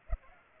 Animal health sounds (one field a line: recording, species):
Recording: mosquito wingbeat signal from an infrared sensor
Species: Culex pipiens